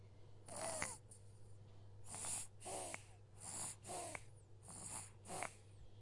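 Fast, rattly snoring breaths, roughly forty a minute, from a sleeping baby over a low steady hum; sound effect.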